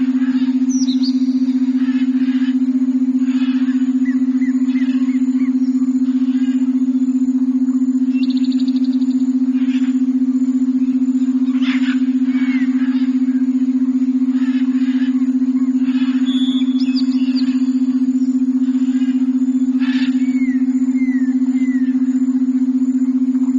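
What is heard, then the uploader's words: A steady, unchanging low hum runs through the whole clip, the binaural beat tone, sitting over a dense bed of soft jungle sound. Faint bird chirps and rustling bursts come and go every second or two, muted beneath the tone. Binaural Beats. Jungle Sounds.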